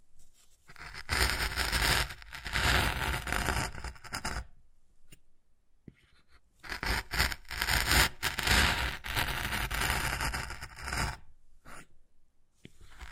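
Wood carving sounds: dense, rough scraping and rasping strokes run in two long bursts, from about one to four and a half seconds and again from six to eleven. Short gaps of near silence separate them, with a few faint scratches and light taps at the end.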